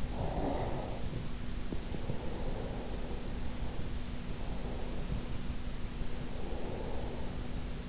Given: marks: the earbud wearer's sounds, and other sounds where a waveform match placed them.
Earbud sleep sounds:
sounds in sleep by an in-ear microphone; breath
0.00-3.99 s: breath
4.29-7.73 s: breath

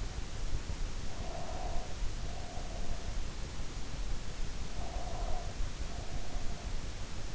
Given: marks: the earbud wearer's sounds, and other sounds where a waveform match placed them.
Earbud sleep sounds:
sounds in sleep by an in-ear microphone; breath
0.88-3.12 s: breath
4.69-6.35 s: breath

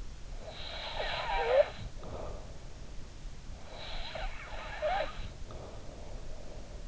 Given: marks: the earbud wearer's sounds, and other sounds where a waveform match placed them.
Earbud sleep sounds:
sounds in sleep by an in-ear microphone; snoring breath
0.36-2.65 s: snoring breath
3.64-6.88 s: snoring breath

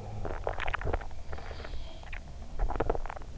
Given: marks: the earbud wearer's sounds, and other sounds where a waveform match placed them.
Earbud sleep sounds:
sounds in sleep by an in-ear microphone; swallowing, teeth grinding
0.00-0.63 s: sound from someone else or the room
0.03-2.13 s: swallowing
2.30-3.27 s: teeth grinding

